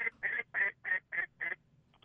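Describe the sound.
Duck quacking: six nasal quacks in a quick even series, followed by two faint short notes.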